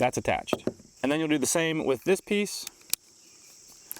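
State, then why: Seated. Someone talks, then the second hose end of a Flextail Max portable camping shower is pushed into its quick-connect fitting on the pump/showerhead, the same way as the first. Sharp clicks sound at 2.9 s and 3.9 s, and the connector seats.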